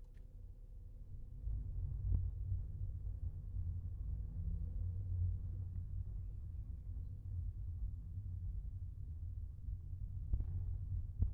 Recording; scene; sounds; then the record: everyday scene through a hearing-aid microphone; in a vehicle; engine, rumble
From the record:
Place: Skoda Fabia, gasoline engine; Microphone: behind the ear, left, rear